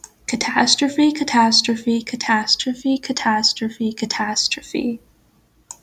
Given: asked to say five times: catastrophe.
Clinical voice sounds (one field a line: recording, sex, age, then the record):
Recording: repeated word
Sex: female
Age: 18 to 19 years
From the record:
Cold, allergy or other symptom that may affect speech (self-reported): no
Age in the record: 18 years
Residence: Florida, United States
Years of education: 14